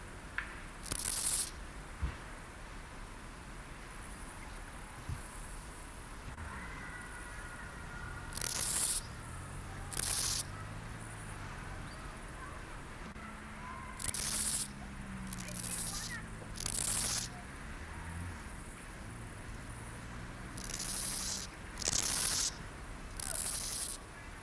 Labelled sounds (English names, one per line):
Steppe Grasshopper stridulation